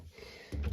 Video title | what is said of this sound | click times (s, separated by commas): How EASY is it to Replace the filter? Instruction video | So now it is locked. | 0.6 s